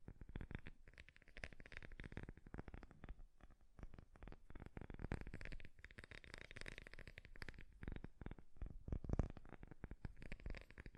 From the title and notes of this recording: ASMR 3D Fast Tapping. (No Talking).